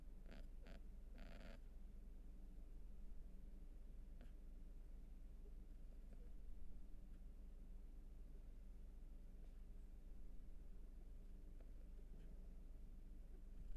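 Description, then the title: Low, even cat purr running steadily from start to finish, with a few sharp clicks and scratches in the opening seconds. Purring; raw field recording. "Field Recs Purrathon RAW"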